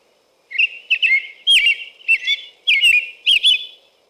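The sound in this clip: American robin song of five or six clear, slurred whistled phrases given in quick succession after a short silence.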